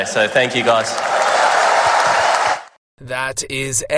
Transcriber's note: crowd roars in approval